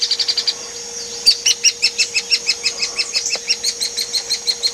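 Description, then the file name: Hairy woodpecker calls: a brief quick burst, then crisp, high single notes rapidly repeated, with a steady background hum. Used as training audio for tutoring magpie robins, white-rumped shamas and leafbirds in songbird keeping. "platuk hairy untuk kacer murai cucak hijau"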